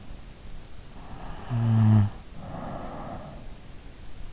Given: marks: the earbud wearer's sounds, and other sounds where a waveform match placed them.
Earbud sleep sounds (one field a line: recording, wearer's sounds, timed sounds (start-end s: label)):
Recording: sounds in sleep by an in-ear microphone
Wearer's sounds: snoring breath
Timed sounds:
0.80-3.79 s: snoring breath